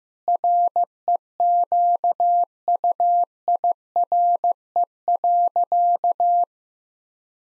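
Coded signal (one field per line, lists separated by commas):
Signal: Morse code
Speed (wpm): 16 wpm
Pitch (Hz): 700 Hz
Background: none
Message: REQUIRE.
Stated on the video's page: Morse code head-copy practice of sentences built from the top 1000 words, sent at 15 wpm, then repeated.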